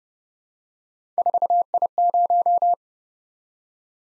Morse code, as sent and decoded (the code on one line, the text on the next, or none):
....- .. -----
4I0